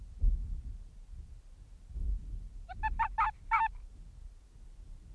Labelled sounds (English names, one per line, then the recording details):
Arctic Fox
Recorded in the wild
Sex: male
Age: adult
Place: Insel Mednyi, Kommandeur-Inseln, RU
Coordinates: 54.5167, 168.083
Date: 1999-07-12 18:30
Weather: bedeckt, 10°C, schwacher Westwind
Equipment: Sony WM-D6C, Sennheiser MKH 40, Windkorb, Kopie Sony TCD-D8
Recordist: Frommolt, Karl-Heinz
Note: Südosten der Insel, oberer Rand des Geröllfeldes: Unmarkierter Polarfuchsrüde äußert eine Bellstrophe und läuft Richtung Höhle Entfernung 10 m